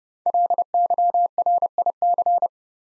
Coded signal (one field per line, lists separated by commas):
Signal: Morse code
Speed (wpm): 28 wpm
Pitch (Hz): 700 Hz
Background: none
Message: LYRIC